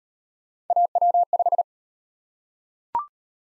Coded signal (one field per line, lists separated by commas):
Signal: Morse code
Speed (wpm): 38 wpm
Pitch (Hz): 700 Hz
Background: none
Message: AW5